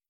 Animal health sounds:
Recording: hydrophone in a shrimp aquaculture tank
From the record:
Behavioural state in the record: stressed

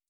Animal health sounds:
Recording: hydrophone in a shrimp aquaculture tank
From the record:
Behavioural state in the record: stressed

